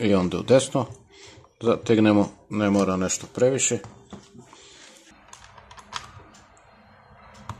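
A screw is being handled in the plastic housing of a Gorenje steam iron during reassembly; it is turned backwards (left) in the plastic boss so it drops into the existing thread instead of cutting a new one. Someone talks over the start, followed by quiet handling with faint small ticks near the end. Nothing has seated or clicked into the old thread yet.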